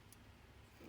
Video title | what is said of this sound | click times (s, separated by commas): Lubrication Basics | piece so it snaps right in | 0.1 s